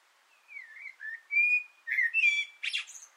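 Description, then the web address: Common blackbird singing a short flowing sequence of low fluty whistles that slide up and down, finished with high scratchy twittering notes. Singing from an antenna, recorded 6 June 2025. "sammel Naturinspelningar Koltrast på antennen 2025 06 06"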